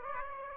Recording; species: mosquito wingbeat signal from an infrared sensor; Aedes aegypti